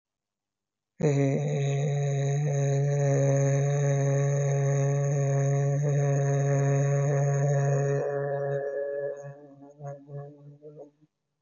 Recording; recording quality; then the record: sustained vowel as in made; excellent, no background noise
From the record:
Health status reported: healthy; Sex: male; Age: 33 years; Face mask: not worn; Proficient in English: yes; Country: India